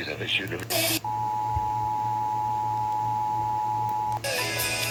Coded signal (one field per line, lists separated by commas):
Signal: Emergency Alert System (SAME) tones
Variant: 853 and 960 Hz attention tone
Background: speech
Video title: EAS #101/112 | Minnesota's Required Monthly Test - 06/07/2023